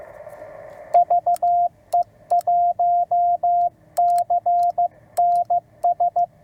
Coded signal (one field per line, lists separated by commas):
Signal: Morse code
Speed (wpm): 16 wpm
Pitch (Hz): 700 Hz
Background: radio noise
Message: VE1CNS